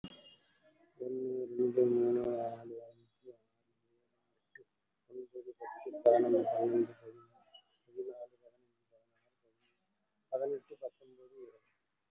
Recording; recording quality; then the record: counting at a fast pace; moderate, slight background noise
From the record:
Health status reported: respiratory illness, not identified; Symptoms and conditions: cough, cold, breathing difficulty, sore throat, fatigue, chronic lung disease, pneumonia, another condition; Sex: male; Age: 62 years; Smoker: yes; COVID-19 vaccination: both doses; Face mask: worn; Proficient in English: no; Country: India